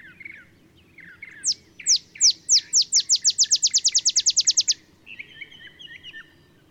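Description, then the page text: Olive sparrow gives an accelerating series of sharp chips that rolls into a rapid trill, followed by a different bird's softer, warbling notes. Singing in early morning in Texas, just 50 miles north of the Mexican border; simple songs likened to a field sparrow's bouncing-ball song. "Olive Sparrow. Recording early morning just 50 miles north of the Mexican border in Texas"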